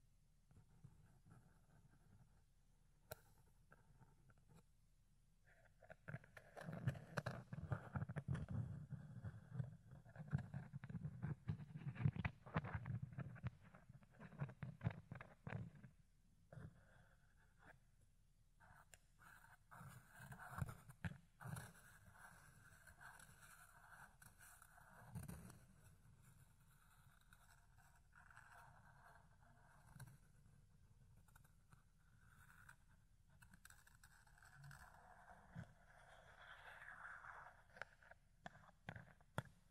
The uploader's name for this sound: Fluffy Ear Cleaning, Ear Picking